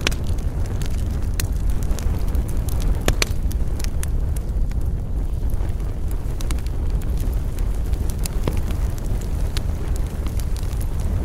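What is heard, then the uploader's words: A bonfire burns on a windy night, its deep, steady roar filling the low end without pause. Sharp crackles and pops break through irregularly across the whole stretch, some bright, others softer, over a constant rushing bed of wind. Burning Bonfire Ambience. Sounds of a burning bonfire on a windy night. Gentle crackling of the fire.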